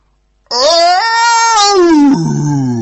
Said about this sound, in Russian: Это был самый жуткий кошачий крик на свете. И он заставил всех подпрыгнуть на месте. Если вы просыпались среди ночи от того, что кошки на крыше дерутся или ухаживают, вы слышали этот звук. Это было ужасно.